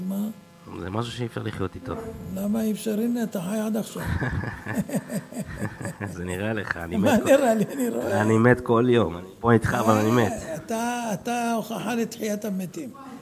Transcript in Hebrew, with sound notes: אז מה?
זה משהו שאי אפשר לחיות איתו
למה אי אפשר? הנה, אתה חי עד עכשיו!
[הרב והשואל צוחקים...] זה נראה לך אני מת כל יום, לי אני רואה אני מת כל יום אני פה איתך אבל אני מת
אתה אתה הוכחה לתחיית המתים!